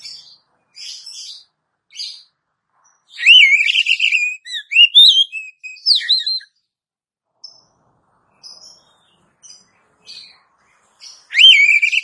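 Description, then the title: Oriental magpie-robin song: loud whistled phrase of a long sustained note and then quick rising and falling slurs, starting again at the end, with soft chirps in the gaps. "Kacer"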